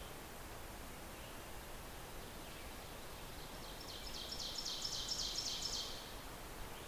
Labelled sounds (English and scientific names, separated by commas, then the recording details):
Ovenbird (Seiurus aurocapilla) song
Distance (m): 75 m
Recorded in boreal forest in Alberta, Canada, on 14 June 2016 at 05:58
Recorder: SongMeter 3, array SBT-3-33
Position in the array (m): 108 m, 9 m
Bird 21